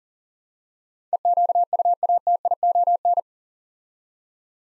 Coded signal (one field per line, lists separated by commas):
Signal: Morse code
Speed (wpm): 39 wpm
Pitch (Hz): 700 Hz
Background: none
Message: EQUATION